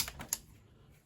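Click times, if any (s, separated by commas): 0.3 s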